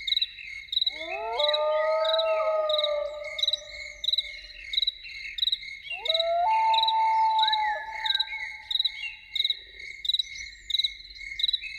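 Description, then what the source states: Loon giving two long, hollow wails a few seconds apart, each rising then holding steady, set against continuous rhythmic insect trilling. Loons in the evening.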